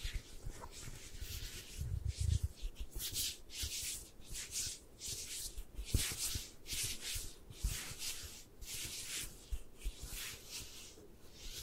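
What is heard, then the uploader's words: Soft scratching and brushing strokes repeat at a steady pace, about two per second, each a crisp hiss. A few dull low bumps and handling thuds land underneath, most clearly near two and six seconds, with no talking. ASMR Hypnotic Triggers for Sleep 3D Eye Massage, Tapping, Scratching (No Talking).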